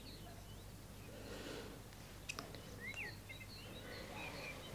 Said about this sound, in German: Die Vögel singen schon.